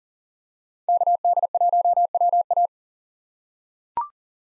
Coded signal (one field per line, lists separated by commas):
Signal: Morse code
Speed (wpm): 40 wpm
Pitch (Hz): 700 Hz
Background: none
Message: KD1WA